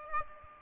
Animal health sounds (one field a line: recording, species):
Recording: mosquito wingbeat signal from an infrared sensor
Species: Aedes aegypti